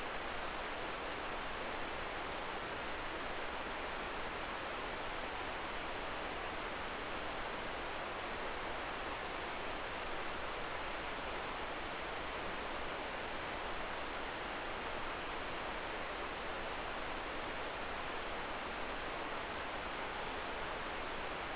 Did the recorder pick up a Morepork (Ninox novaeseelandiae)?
no